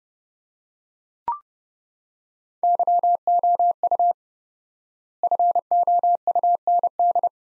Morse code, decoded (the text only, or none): YOU FOUND